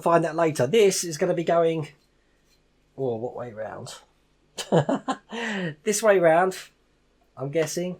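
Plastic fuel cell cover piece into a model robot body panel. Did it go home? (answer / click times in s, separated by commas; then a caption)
no / none. Someone talks while handling a plastic fuel cell cover piece for an R2-D2 model kit, turning it to find the right way round before it goes into the model robot body panel. Nothing has seated or clicked into place yet.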